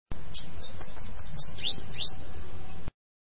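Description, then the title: Bananaquit song, a short high-pitched run of thin buzzy notes followed by two sharply downslurred squeaks. "Canto De Cambacica"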